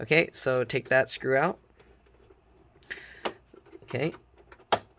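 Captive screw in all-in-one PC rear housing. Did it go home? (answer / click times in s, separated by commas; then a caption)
released / 4.7 s. A captive screw in the rear housing of an HP Envy 23 TouchSmart all-in-one PC is twisted out with a large Phillips screwdriver. Someone talks at the start, then faint scraping and taps give way to a sharp click at 4.7 s as the screw releases.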